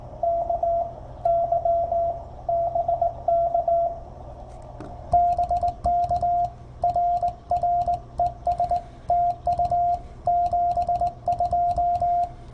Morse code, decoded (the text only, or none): KY BK BK RR ES TU 72